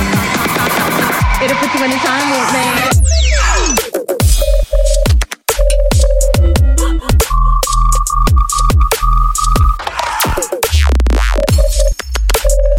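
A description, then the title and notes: Robot noises: dense electronic chirps, bleeps and a rising tone fill the opening three seconds, then a fast sweep downward. After that come rapid, irregular blips and clicks over a low buzzing pulse, with a steady held tone around eight to ten seconds and brief silences near five seconds. Robot noises.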